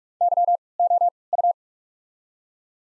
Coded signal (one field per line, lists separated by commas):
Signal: Morse code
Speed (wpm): 43 wpm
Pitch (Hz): 700 Hz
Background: none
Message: Y O U